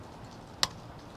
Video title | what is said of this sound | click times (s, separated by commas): Changing out the spark plugs in my 2006 Mustang | there. So, it snapped and we're good. 12 foot-lb. | 0.6 s